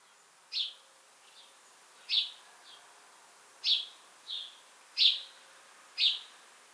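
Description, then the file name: House sparrow chirping, bright chirps repeated at short intervals, some followed by a fainter note. "Passer domesticus"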